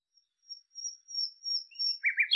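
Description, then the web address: Bird call: a thin, high, drawn-out whistle followed by a few lower, quick chirps. "cianscape birddata Deverinetal 2025"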